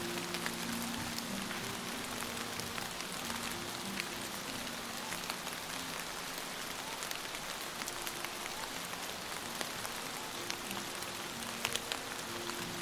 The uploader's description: water drops are tapping gently on the leaves and the forest floor